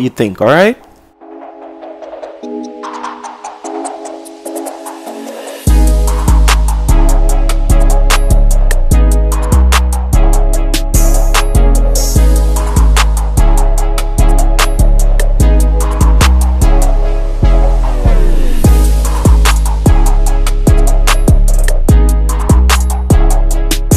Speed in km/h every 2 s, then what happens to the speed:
6, 5, 6, 6, 6, 5, 3, 2, 0, 0, 0, 2.
0-13 steady at about 6. 13-24 standing.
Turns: none.